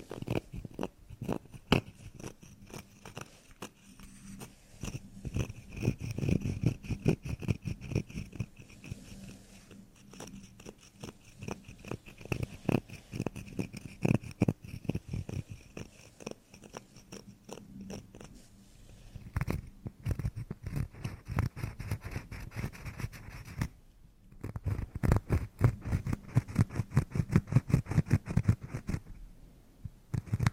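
Scratching on carpet, wood and other surfaces, heard as dense runs of quick, dry scrapes and clicks with a low rumble under them. The strokes come in bursts that swell and ease, with brief pauses near 20 and 24 seconds.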